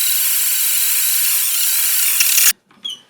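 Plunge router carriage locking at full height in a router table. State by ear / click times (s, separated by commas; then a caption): seated / 2.9 s. A Triton 3.25HP TRA001 plunge router's carriage in a router table is raised to the top of its travel over a steady, loud whirring noise that cuts off abruptly at about 2.5 s. At 2.9 s a sharp ratchet-pawl click sounds as the safety lock engages and the carriage seats at full height, which means the power then won't work.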